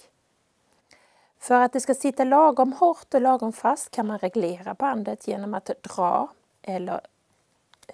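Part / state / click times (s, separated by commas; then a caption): belt button stud into belt hole of breathing monitor chest belt / seated / 0.9 s. A small button stud on the back of the fabric chest belt of a child's overnight breathing monitor is pressed into a hole in the belt, clicking in with a sharp, short transient at 0.9 s, so the belt is fastened. Someone then talks about adjusting the belt by pulling it, and a few faint short clicks follow near the end.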